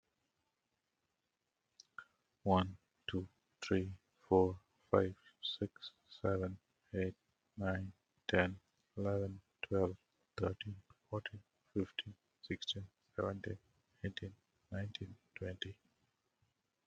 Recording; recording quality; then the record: counting at a normal pace; excellent, no background noise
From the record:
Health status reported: healthy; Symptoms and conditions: hypertension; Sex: male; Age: 48 years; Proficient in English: yes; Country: India